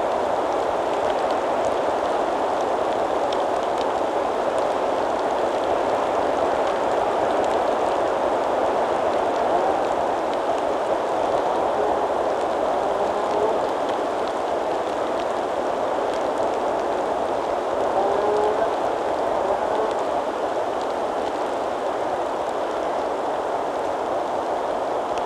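Rain falls in windy weather, a dense, steady hiss of drops that holds evenly for the whole stretch, fullest in the middle range. Faint ticks and patters surface now and then, and a low rumble runs underneath without much change.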